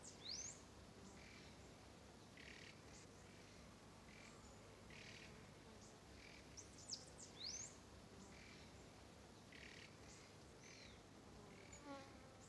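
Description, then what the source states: Songbird uttering sharp rising whistles and short chirps at irregular intervals, with a continuous noisy hum underneath. Rainforest.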